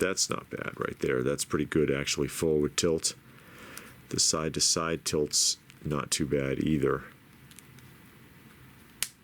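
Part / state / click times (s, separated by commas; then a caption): action figure part on its joint peg / released / 9.0 s. Someone talks while tilting and posing a 1:6 scale action figure forward, backward and side to side. A part mounted on one of its joint pegs pops off with a sharp snap at 9.0 seconds, coming off completely.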